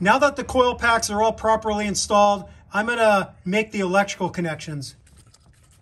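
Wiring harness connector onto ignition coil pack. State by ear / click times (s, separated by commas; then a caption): not seated / none. A wiring harness connector is handled above an ignition coil pack on a Toyota Tundra 2UZ-FE 4.7L V8, after the coil packs have been installed and torqued to 66 inch-pounds. Someone talks for most of the clip, then it goes quiet apart from a couple of faint handling sounds at about 5.3 and 5.5 seconds. Nothing has seated or clicked yet.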